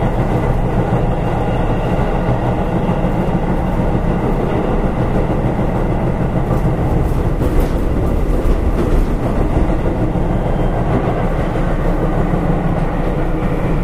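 Running noise of a Keihan Electric Railway 5000 series train on a semi express, a steady low rumble and roar that holds at an even level throughout. Faint hissing and light rattles pass through the middle, with a brighter whine layered above.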